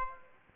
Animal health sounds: mosquito wingbeat signal from an infrared sensor; Aedes aegypti

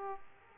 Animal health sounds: mosquito wingbeat signal from an infrared sensor; Aedes aegypti

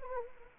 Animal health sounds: mosquito wingbeat signal from an infrared sensor; Anopheles arabiensis

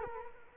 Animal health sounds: mosquito wingbeat signal from an infrared sensor; Culex quinquefasciatus

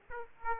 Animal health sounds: mosquito wingbeat signal from an infrared sensor; Aedes aegypti

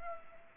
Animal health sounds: mosquito wingbeat signal from an infrared sensor; Culex pipiens

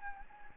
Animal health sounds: mosquito wingbeat signal from an infrared sensor; Anopheles gambiae

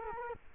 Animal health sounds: mosquito wingbeat signal from an infrared sensor; Culex quinquefasciatus

